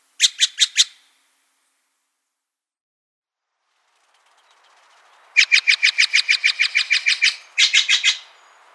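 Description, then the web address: Steller's jay uttering a short harsh series of four notes, then after a pause a long rapid run of grating notes ending, after a brief break, in a few more. "Zoo Field Guide. Steller's Jay"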